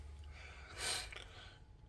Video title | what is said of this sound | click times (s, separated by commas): Rentacampa.com rimor kilig 66 motorhome interior demonstration | and you'll hear a click | 1.2 s